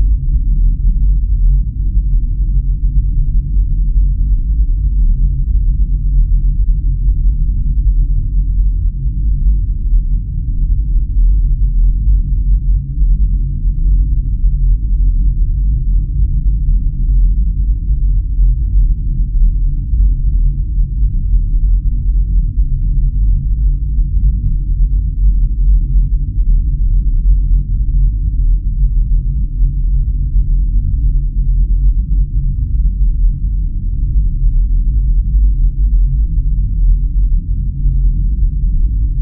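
Very deep brown noise rumbles steadily throughout, all of it sitting in the low end with nothing bright above. The dense, even roar holds the same level from start to finish, with only a faint shifting texture inside the rumble and no distinct events.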